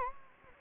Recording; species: mosquito wingbeat signal from an infrared sensor; Anopheles gambiae